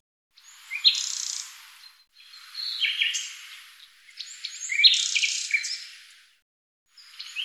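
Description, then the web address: Bird song in three or four separate high, buzzy and chirping phrases, each about one to two seconds long with short silences between. "Deverinetal 2025"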